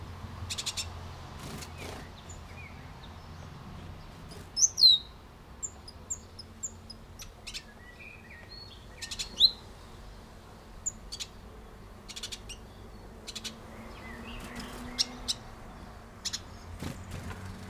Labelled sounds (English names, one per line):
Great Tit call